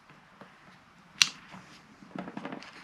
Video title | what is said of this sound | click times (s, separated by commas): Unboxing Croc charms from Temu | here's a nice click seems good | 1.2 s